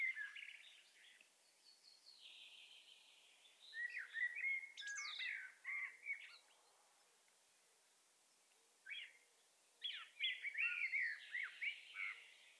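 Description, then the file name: Common blackbird delivering several separate warbled phrases, with quiet pauses between bursts. "Turdus merula"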